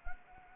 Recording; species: mosquito wingbeat signal from an infrared sensor; Anopheles arabiensis